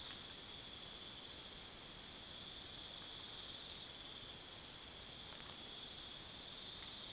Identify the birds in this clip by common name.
none